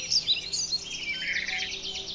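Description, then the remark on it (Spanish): A steady chorus of small birds chirping and whistling in the Aguarague of the Bolivian Chaco, with quick high-pitched notes overlapping constantly and a few brighter calls standing out near the start. No one speaks. “Aquí el eco del aguarabe, los sonidos que hay son los silbidos de los pajaritos, los cantidos de cada ave que uno escucha, ¿no?”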